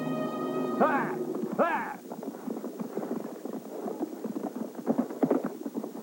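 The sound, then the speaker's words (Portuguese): Horse hooves clip-clop in a quick, busy clatter of sharp knocks as scouts ride in, following two brief high, wavering cries near the start that sound like whinnies. “Segure o cavalo!”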